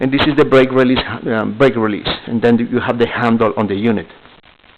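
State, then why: Not seated. Someone talks while pointing out the brake release and the handle on a Titan 6,000 lb scissor car lift, with the safety lock latch being handled. The talking stops near 4.1 s and only faint low noise follows. The safety lock latch has not seated or clicked yet.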